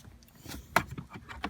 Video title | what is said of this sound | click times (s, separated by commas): Ford Fusion Mode Door Actuator Conclusion - Watch this Before Attempting! | all just clips we have one more section here to snap in | 0.8 s